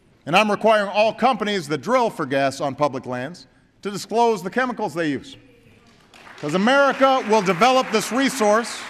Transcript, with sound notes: And I’m requiring all companies that drill for gas on public lands to disclose the chemicals they use. (Applause.) Because America will develop this resource